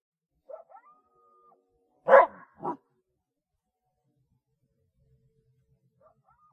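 Coyote barks: two harsh, noisy barks close together after a few faint yips, then near silence with another faint yip at the end.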